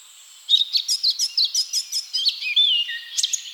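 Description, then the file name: Eurasian blackcap song: a rapid run of bright warbling notes, then clearer fluting whistles sliding downward near the end. "Sylvia atricapilla"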